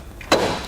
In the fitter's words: so you hear the click another nice security feature to the bike rack it has this integrated cable lock